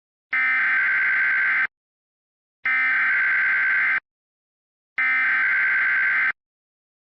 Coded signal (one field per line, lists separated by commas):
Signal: Emergency Alert System (SAME) tones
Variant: header bursts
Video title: Keon.exe 6 - EAS Scenario